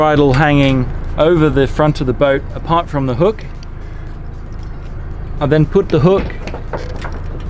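Someone talks while handling a bridle's metal chain hook, which is about to go over a complete link of an anchor chain at the front of a catamaran, its sprung pin meant to snap back into place once in position. A short sharp sound comes at 7.1 s over a steady background hum. Nothing has seated or clicked yet; the hook is handled but not yet home.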